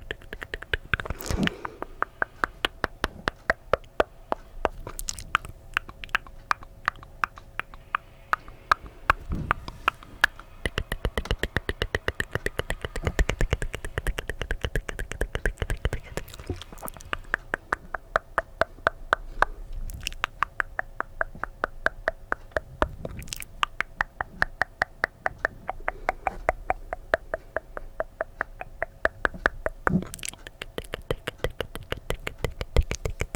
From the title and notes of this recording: ASMR DRY MOUTH SOUNDS no talking.